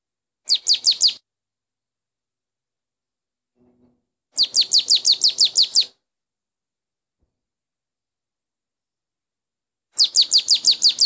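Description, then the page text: Marsh tit song: short, fast runs of clear, high, downward-sweeping notes, repeated about every four to six seconds with quiet gaps in between. Survey playback recording, Hampshire, 2023. "Hampshire Ornithological Society 2023 Marsh Tit Survey"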